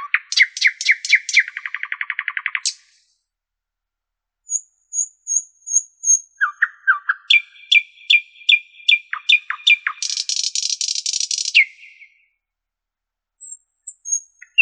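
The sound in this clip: Common nightingale song mixing rapid repeated notes into a rattle, a series of thin high whistles, sharp chipping notes and a long harsh buzz.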